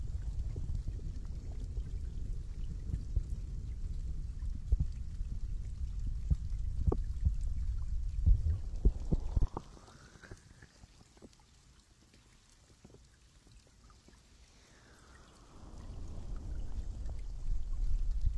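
Deep-sea underwater sound: a heavy, muffled low rumble with scattered sharp clicks fills the first nine seconds. A rising whistle-like sweep leads into a near-silent stretch, then a falling sweep around fifteen seconds brings the deep rumble back.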